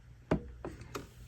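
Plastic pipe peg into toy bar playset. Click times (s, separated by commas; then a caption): 0.3 s. A plastic pipe with a double peg is pressed into its mount on a Star Wars TVC Haslab Cantina Bar toy playset, the black pipe first because it is the fixed one. A sharp pop at 0.3 s marks the peg seating into place, followed by two softer clicks at about 0.7 s and 1.0 s.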